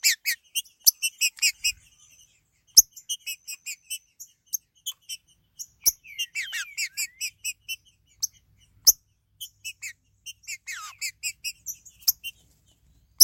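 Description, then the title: Green-winged saltator song: short bursts of bright repeated notes and a few downslurred whistles, broken by pauses and sharp clicks. "Trinca Ferro"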